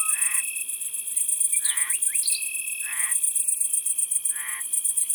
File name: Grande sauterelle verte